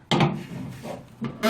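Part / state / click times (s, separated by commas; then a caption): refrigerant pipe flare nut on air-conditioner unit fitting / torque reached / 0.1 s. A brass flare nut on an air-conditioner refrigerant line is hand-turned as far as it goes at the unit fitting, then finished with a wrench. A sharp click at 0.1 s marks the tightening point, followed by lower rattling and a second, softer knock near 1.2 s. The nut is confirmed tightened to torque.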